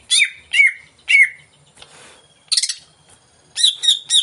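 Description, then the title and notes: Greater green leafbird song: three strong downslurred whistles, then bursts of harsh chattering notes with brief gaps. Cucak ijo song used as a lure (pancingan) to stimulate a caged bird to sing and perform when hung (gantang); bird described as gacor, singing vigorously. "Pancingan CUCAK IJO Mau Di Gantang. Cucak Ijo Gacor"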